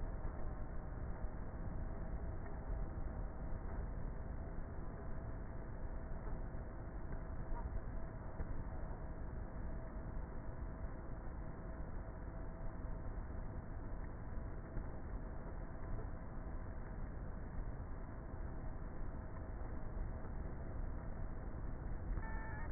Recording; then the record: honeybee colony, microphone inside the hive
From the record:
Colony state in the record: queenless with a low population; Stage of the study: before two queens were removed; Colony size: about 30,000 bees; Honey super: no